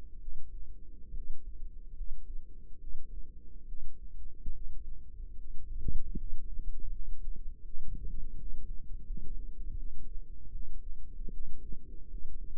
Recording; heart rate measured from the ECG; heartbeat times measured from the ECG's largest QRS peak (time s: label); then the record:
heart sounds by microphone in the right ear; 76 bpm
0.18 s: heartbeat
1.11 s: heartbeat
1.92 s: heartbeat
2.77 s: heartbeat
3.65 s: heartbeat
4.51 s: heartbeat
5.35 s: heartbeat
6.14 s: heartbeat
6.89 s: heartbeat
7.62 s: heartbeat
8.34 s: heartbeat
9.03 s: heartbeat
9.75 s: heartbeat
10.50 s: heartbeat
11.30 s: heartbeat
12.06 s: heartbeat
From the record:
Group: healthy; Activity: rest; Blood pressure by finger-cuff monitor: 140/83 mmHg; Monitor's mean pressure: 98 mmHg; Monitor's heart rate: 75 bpm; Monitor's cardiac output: 6.3 L/min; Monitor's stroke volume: 87 mL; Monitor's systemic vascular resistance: 1130 dyn s/cm5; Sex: female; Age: 22 years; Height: 171 cm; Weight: 65.6 kg